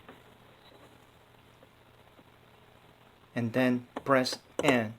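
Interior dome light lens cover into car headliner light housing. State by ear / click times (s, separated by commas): not seated / none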